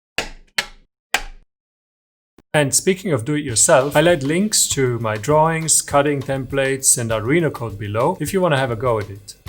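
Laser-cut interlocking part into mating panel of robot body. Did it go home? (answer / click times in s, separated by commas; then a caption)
yes / 0.2 s, 0.6 s, 1.1 s. Laser-cut, folded sheet parts are pressed into the interlocking connectors of a mating panel on a robot body. Three sharp clicks sound at 0.2, 0.6 and 1.1 seconds as each part snaps into place, with no glue or screws needed. After a short silence, someone talks.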